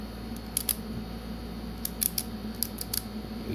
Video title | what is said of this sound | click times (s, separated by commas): Unboxing: Union Achilles - Solid to hold and the driver works properly than flame brand | hear the click | 2.6 s, 3.0 s